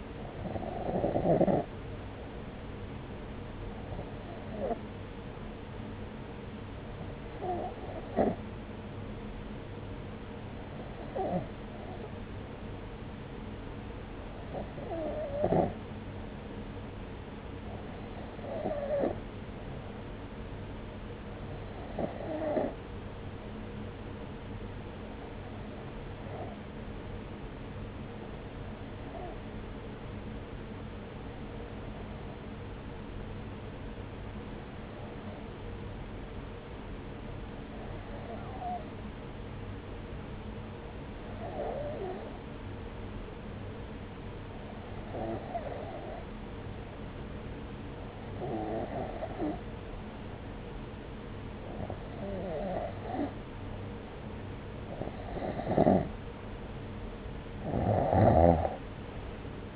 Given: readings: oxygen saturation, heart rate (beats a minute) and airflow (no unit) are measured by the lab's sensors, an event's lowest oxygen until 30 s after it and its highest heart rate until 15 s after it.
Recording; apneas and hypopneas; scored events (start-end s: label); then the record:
breathing in sleep by a voice recorder at the bedside; 1
4.00-54.10 s: hypopnea (N2, oxygen 94% highest, then 90% lowest)
From the record:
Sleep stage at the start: N2 (light sleep); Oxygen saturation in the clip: 93 to 94%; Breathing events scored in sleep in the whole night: 303 in 8.1 hours asleep